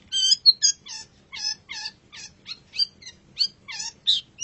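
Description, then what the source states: Long-tailed shrike song: nasal, ringing notes with layered tones, each dropping at the end, repeated at a steady quick pace. Indonesian name cendet; labelled masteran, a tutor recording of the song.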